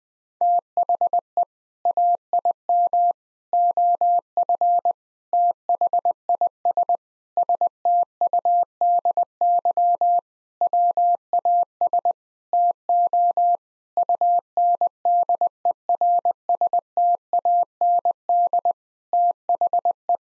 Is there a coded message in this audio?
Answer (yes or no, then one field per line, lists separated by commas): yes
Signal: Morse code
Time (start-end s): 0.4-20.2 s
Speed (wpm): 20 wpm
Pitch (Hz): 700 Hz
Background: none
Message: THE AIM OF THIS STUDY WAS TO UNDERSTAND THE